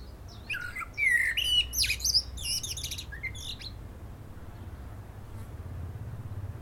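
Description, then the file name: Common blackbird song phrase: lively fluted whistles and squeaky high notes packed into a short burst, followed by near silence with a low rumble beneath. "Turdus merula"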